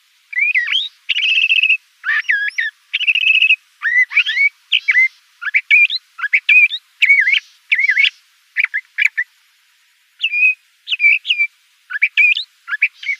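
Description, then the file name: Le Conte's thrasher song of varied, hurried phrases of slurred whistles and sharp chirps separated by short pauses, with a longer quiet gap about two-thirds of the way through. Recorded in Arizona. "LCTH 2 deviche"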